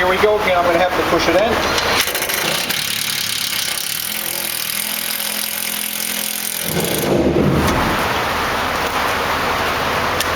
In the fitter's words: gonna remove this one. It didn't lock.